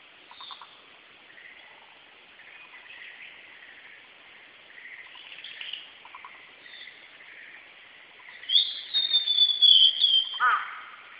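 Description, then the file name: Blue-and-white flycatcher song: quiet scattered notes at first, then a loud phrase of bright whistles ending in a lower harsh buzz. Recorded 17 May 2008. "ooruri 080517"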